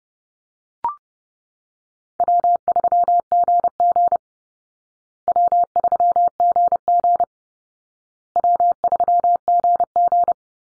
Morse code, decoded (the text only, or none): W3GG W3GG W3GG